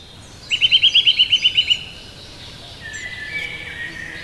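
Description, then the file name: Eurasian nuthatch giving one quick, even trill of about a dozen piping notes lasting just over a second, followed by faint calls from other birds. Winter. "puukoristaja"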